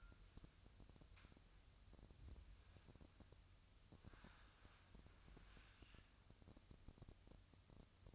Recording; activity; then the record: daily activity, microphone in the room; wipe stove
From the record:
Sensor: 2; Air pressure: 1004.7 hPa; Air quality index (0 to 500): 83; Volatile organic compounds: 2 ppm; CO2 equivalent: 986 ppm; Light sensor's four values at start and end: 7/16/6/6 and 6/16/6/6